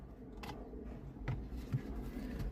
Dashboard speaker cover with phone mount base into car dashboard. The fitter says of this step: Push it down until you hear all the clicks.